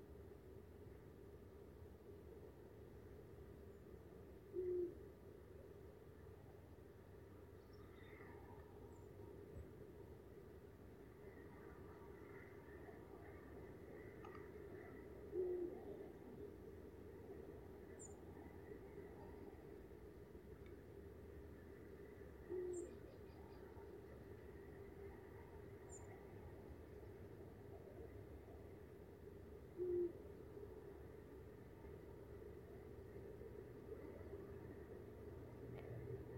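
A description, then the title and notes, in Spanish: An eagle owl gives short, low hoots about every seven to ten seconds over a steady, dense low rumble throughout the night. Paisaje sonoro: Una noche de celos. Entran en celo especies como el búho real (Bubo bubo) o el zorro (Vulpes vulpes).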